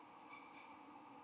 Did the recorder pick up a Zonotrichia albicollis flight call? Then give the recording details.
no. No flight call is heard. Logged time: 23:06 on 15 November 2014